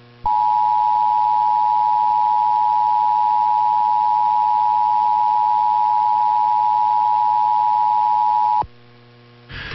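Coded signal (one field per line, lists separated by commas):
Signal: Emergency Alert System (SAME) tones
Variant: 853 and 960 Hz attention tone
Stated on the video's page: Real EAS alerts from Texas, personal captures.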